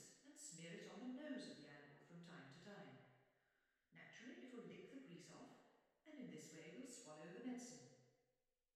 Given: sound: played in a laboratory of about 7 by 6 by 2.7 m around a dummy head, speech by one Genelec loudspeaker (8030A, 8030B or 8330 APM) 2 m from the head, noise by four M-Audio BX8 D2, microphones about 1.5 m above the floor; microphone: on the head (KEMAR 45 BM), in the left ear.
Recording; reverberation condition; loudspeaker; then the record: female speech in English; high; 150 degrees to the right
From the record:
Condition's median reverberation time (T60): about 1300 ms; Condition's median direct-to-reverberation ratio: about -4.0 dB